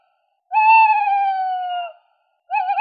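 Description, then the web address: Tawny owl call: a long, clear, slightly falling hooted note lasting about one and a half seconds, then a second note begins after a short pause. Recorded in Slovenia. "Strix aluco"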